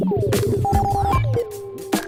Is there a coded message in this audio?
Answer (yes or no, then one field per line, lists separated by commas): no